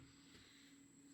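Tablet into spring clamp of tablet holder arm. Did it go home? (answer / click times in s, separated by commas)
no / none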